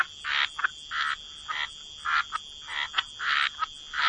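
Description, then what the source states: Raspy frog croaks repeat quickly and unevenly, short clicks mixed with longer bursts, against a constant high-pitched hum. Frog chorus.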